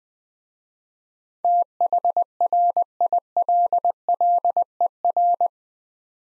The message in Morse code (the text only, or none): THRILLER